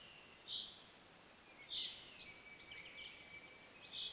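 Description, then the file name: Common chaffinch calls, three short bright notes at uneven intervals, with faint thin twittering between the last two over steady background hiss. "Fringilla coelebs"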